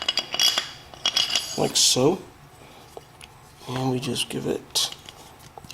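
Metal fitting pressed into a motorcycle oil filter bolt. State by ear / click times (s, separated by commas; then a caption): not seated / none. A small metal fitting is handled by hand at the oil filter bolt of a 1978 Kawasaki KZ750 motorcycle, ready to be pressed into the bolt assembly. Sharp metallic clinks and light taps sound, mostly in the first 1.4 seconds, with fainter ticks later, while someone talks. Nothing has seated or clicked into place yet.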